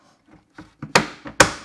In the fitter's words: Snap into place.